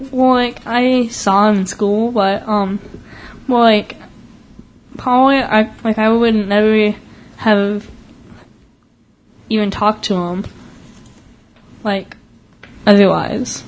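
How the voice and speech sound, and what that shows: A teenager's speech with stretched sounds, long silent blocks and a repeated start on 'even', typical of stuttering.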